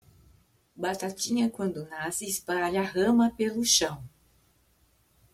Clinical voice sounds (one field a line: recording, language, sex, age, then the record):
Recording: short text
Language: Brazilian Portuguese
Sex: female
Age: 60 to 69 years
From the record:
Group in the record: control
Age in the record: 60 years